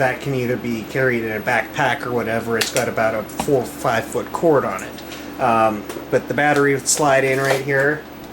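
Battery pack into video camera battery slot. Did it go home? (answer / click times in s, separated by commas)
no / none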